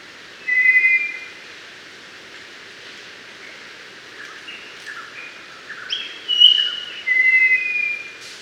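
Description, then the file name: Mangrove robin giving clear whistled notes, one early and a few near the end. "Melanodryas Pulverulenta"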